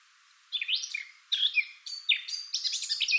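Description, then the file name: Eurasian blackcap song: three short, quick warbled phrases of chirps and slurred notes, each separated by a brief pause. "Sylvia atricapilla"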